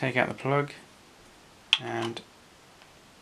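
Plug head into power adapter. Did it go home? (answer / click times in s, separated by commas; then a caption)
no / none. Someone talks while handling an interchangeable UK plug head and a plastic power adapter body, the power supply for a Creator CI20 board, preparing to twist-lock the head onto the adapter. Only speech and a faint tick near 2.8 s are heard over a quiet background. Nothing has seated or clicked yet.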